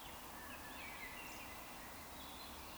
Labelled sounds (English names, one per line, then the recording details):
Eurasian Woodcock whistle
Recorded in Baden-Württemberg, Germany, on 20 June 2020 at 19:20 UTC
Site 46046, 702 m above sea level